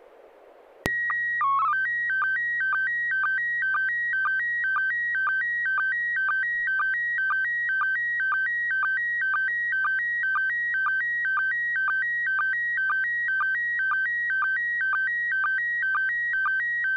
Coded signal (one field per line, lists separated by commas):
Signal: SSTV (slow-scan television)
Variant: PD 120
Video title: N6NA SSTV Net - 01/15/2025